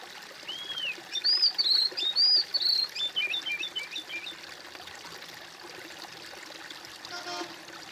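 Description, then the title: Bird song: an arched whistle then a rush of high clear and warbled notes, fading into softer chips and hiss. "kOMPILASI suara bird"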